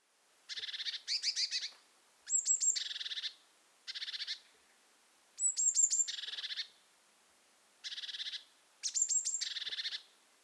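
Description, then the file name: Eurasian blue tit calling repeatedly, mixing very high thin notes with rasping, buzzy churrs in irregular bursts. "Cyanistes caeruleus"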